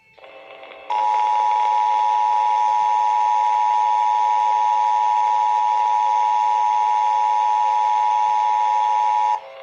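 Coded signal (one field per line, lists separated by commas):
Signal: Emergency Alert System (SAME) tones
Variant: 853 and 960 Hz attention tone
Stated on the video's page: Pennsylvania statewide Required Monthly Test relayed by AM, FM, translator, cable and TV stations.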